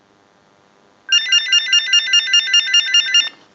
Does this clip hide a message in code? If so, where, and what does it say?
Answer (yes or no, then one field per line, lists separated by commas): no